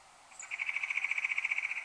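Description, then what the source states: Red-bellied woodpecker rolling churr call: a fast, even trill of about twenty rapid pulses lasting just over a second, with a brief faint high note before it. Recorded 1 January 2015.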